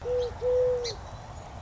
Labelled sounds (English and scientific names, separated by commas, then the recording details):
Song Sparrow (Melospiza melodia)
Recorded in Sonoma County, California